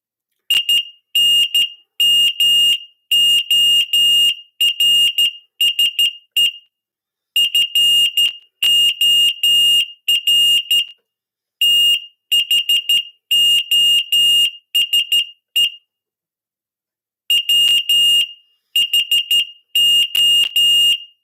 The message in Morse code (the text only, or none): IN MORSE FOR THOSE WHO